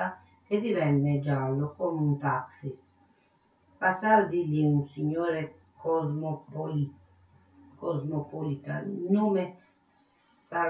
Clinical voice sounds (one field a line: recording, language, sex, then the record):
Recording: read passage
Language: Italian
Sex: female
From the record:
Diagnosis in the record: Parkinson's disease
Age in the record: 63 years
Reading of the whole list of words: 61 s, 4.6 characters per second